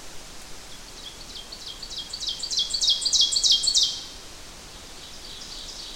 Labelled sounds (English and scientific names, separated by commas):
Ovenbird (Seiurus aurocapilla) song